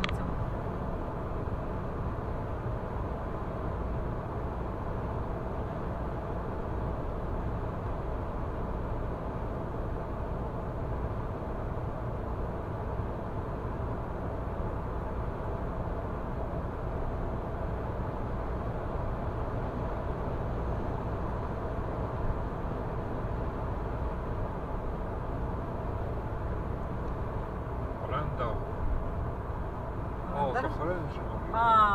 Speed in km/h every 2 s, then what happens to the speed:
108, 107, 106, 106, 106, 106, 106, 106, 106, 106, 106, 106, 106, 106, 106, 106.
0-32 steady at about 106.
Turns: none.